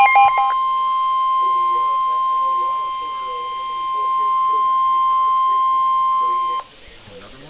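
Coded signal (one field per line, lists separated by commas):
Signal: Emergency Alert System (SAME) tones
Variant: 1050 Hz attention tone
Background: speech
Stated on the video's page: Real NOAA weather radio alerts: three flood warnings in a row.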